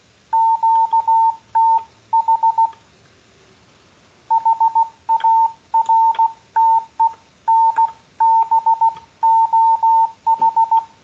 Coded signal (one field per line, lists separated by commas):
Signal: Morse code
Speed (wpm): 16 wpm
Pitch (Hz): 900 Hz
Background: none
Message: QTH HARTENBOH